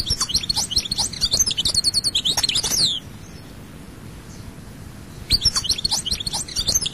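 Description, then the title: European goldfinch song: lively tinkling twitters and downward-sweeping whistled notes, a three-second phrase, a pause, then another phrase begins. "Chant Chardonneret"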